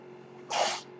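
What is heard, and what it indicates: A brief airy hiss of roughly a third of a second, a single puff of air from a home mechanical ventilator, heard between phrases of speech.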